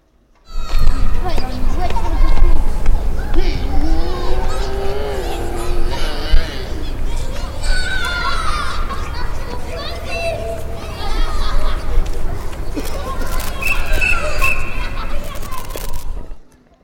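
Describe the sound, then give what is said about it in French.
A crowd of children playing at a school in La Grande Fonte, their overlapping shouts, squeals and chatter forming a loud, steady babble that runs without pause for the whole stretch, with occasional high-pitched cries rising above the din. “Vous avez entendu le son? C'est des enfants qui jouent?”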